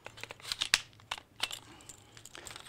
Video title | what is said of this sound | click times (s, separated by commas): How to correctly rig a spearfishing railgun by Cressi - LeisurePro | You Hear The Click you know it's locked in place | 0.7 s